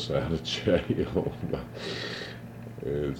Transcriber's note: laughs